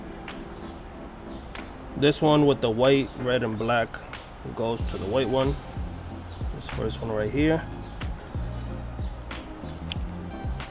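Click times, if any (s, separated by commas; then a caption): 9.9 s. A taillight wiring harness connector with white, red and black wires is plugged into the white mating connector on a 2024/2025 Honda CBR650R motorcycle while someone talks over background music. The plastic connector latches with a sharp click at 9.9 s, and it is seated.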